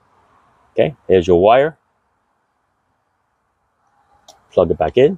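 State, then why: Not seated. On a Hyundai Kona 2.0L during a spark plug change, the wiring harness connector is picked up and lined up with the ignition coil before being pushed home. Someone talks in two short bursts with a quiet stretch between them. The connector has not seated or clicked yet.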